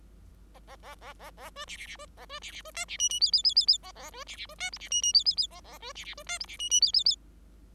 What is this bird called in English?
Bengalese Finch